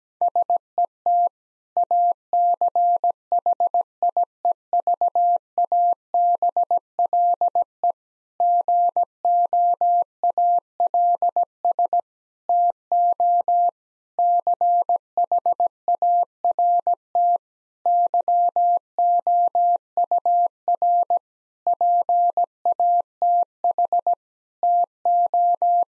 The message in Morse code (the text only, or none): SET ACHIEVABLE GOALS TO CHART YOUR PATH TO